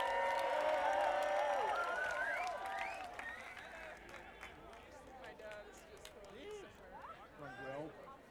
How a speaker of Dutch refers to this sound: Mag ik een tamelijk applaus voor Freek de nachtburgemeester!